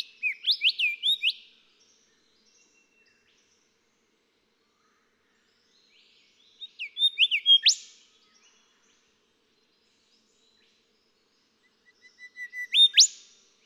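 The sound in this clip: Golden whistler singing three phrases, each a run of whistled notes, the last two ending in an abrupt rising whipcrack.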